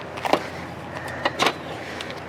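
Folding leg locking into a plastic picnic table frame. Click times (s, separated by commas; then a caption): 0.3 s, 1.3 s. The metal legs of a Lifetime 80373 portable folding camping RV picnic table and bench set in almond are swung out and locked into the plastic table frame. Sharp clicks sound at 0.3 s and 1.3 s with a few quieter knocks around them. The legs are confirmed seated and locked firmly in place.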